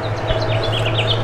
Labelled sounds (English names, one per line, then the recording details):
House Finch song
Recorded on Long Island, New York, on 22 June 2011
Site IT
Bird A